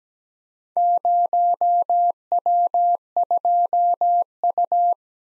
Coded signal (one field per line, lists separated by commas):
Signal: Morse code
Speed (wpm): 17 wpm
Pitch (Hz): 700 Hz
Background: none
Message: 0W2U